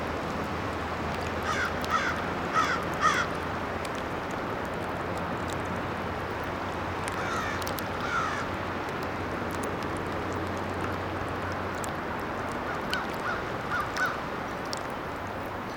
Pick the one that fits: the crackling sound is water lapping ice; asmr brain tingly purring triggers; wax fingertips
the crackling sound is water lapping ice